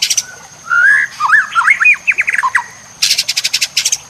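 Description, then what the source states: White-rumped shama song: a rising whistle, then a quick string of sliding, zigzag notes, followed by bursts of dry, rapid, insect-like pulses. Masteran (training recording for cage birds) of white-rumped shama, locally murai batu, labelled labaik.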